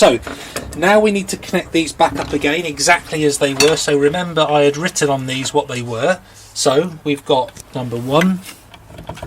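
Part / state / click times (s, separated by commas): wire connector into circuit board header in solar inverter / not seated / none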